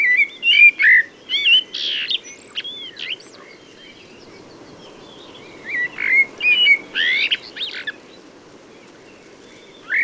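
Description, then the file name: Common blackbird song: two bursts of mellow fluted warbling mixed with squeaky high twitters, separated by a quiet gap, with a faint steady hiss beneath. "Turdus merula"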